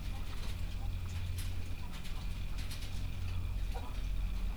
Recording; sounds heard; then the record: poultry house recording; sick chickens (respiratory disease)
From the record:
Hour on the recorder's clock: 22